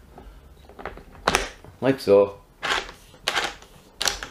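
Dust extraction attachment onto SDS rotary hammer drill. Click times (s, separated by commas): 3.3 s, 4.0 s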